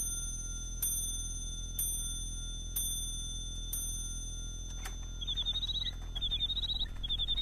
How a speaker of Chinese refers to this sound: 你替我把这座鸟鸣钟送给詹天佑，这是太后赏给我的